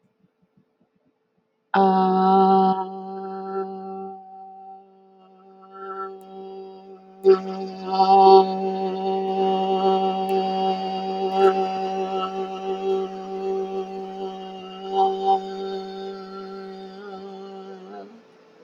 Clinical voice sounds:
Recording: vowel held as long as possible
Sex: female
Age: 50 to 59 years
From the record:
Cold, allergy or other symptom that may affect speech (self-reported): no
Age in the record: 51 years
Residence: Arkansas, United States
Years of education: 2

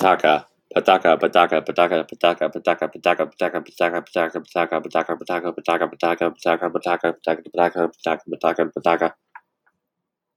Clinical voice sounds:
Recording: repeated syllables /pa ta ka/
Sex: male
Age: 20 to 29 years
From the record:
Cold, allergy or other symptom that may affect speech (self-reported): no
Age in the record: 25 years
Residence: Ohio, United States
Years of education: 17

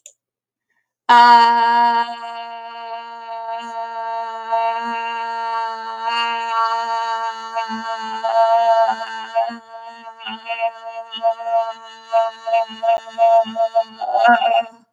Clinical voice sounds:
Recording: vowel held as long as possible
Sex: female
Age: 50 to 59 years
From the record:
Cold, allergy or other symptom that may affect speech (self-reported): no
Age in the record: 54 years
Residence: Arizona, United States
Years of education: 19

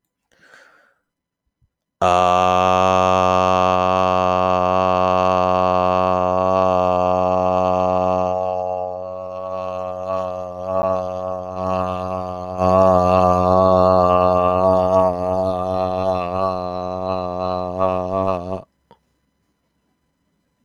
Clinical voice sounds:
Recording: vowel held as long as possible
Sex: male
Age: 30 to 39 years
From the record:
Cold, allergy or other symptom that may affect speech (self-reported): no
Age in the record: 31 years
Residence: Texas, United States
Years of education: 16

